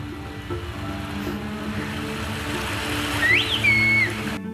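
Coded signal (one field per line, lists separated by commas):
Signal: whistled language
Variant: Turkish kuş dili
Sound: a single loud whistled phrase that rises sharply, dips, then holds and falls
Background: low engine hum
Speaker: E é exatamente isso que parece, o som de uma aldeia inteira conversando como se fossem pássaros.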